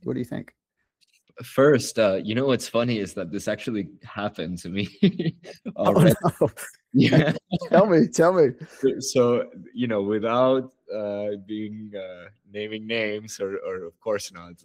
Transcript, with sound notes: What do you think? First, uh you know what’s funny is that this actually happened to me. [laughter] Yeah. Tell me. Tell me. So, you know, without uh being uh naming names or orof course not,